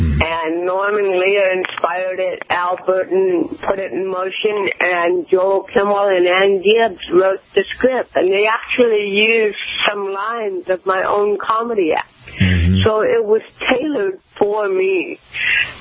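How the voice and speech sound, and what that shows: An adult woman with cerebral palsy speaks intelligibly, but her voice is nasal and somewhat effortful, with creaky voice and uneven pauses: mild dysarthria from cerebral palsy. She had spinal cord surgery from C1 to C7 in 1999.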